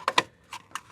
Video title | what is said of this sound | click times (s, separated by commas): How to Install HomeLink Automatic Garage Opener on Model Y Refresh (2026+ Juniper) | Oh, there you go. And then it clicked. You didn't hear it click, but it's very obvious. | 0.2 s